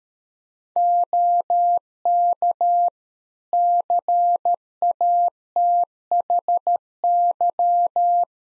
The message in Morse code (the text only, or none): OK CATHY